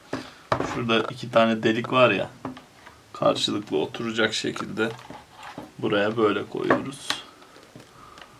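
An internal component of a Philips vacuum cleaner is lined up by its two holes so they face each other and is placed into the housing while someone talks. A few faint handling taps are heard under the speech, and nothing has seated or clicked yet by the end of the clip.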